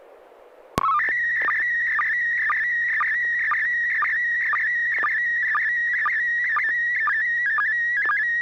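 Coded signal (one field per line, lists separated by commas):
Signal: SSTV (slow-scan television)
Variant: PD 120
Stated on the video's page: SSTV images on a weekly net via a 441.300 MHz FM repeater, sent with MMSSTV software.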